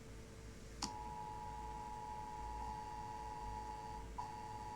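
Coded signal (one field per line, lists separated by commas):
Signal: Emergency Alert System (SAME) tones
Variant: 853 and 960 Hz attention tone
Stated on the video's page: Fictional analog-horror found-footage emergency alert.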